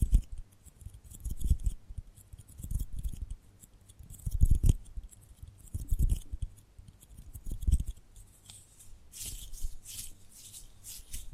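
Tapping and gripping sounds: soft low thumps and rubbing come in irregular bursts roughly every one to two seconds, with sharper crisp clicks mixed in. Near the end the thumps fade and brighter scratchy rustling takes over in short clustered strokes.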